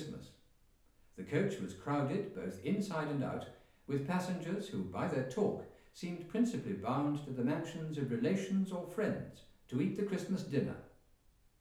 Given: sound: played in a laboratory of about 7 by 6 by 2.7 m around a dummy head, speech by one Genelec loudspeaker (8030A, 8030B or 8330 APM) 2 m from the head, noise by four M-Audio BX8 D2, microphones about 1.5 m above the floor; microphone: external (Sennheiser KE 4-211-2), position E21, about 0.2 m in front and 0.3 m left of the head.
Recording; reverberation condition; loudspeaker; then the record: male speech in English; medium; 90 degrees to the right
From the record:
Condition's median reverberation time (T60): about 510 ms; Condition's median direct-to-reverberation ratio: about -0.5 dB